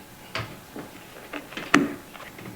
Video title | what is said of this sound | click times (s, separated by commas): How to fix shades that won’t go up | so you should hear a click | 1.7 s